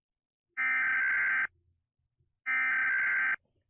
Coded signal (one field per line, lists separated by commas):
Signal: Emergency Alert System (SAME) tones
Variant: header bursts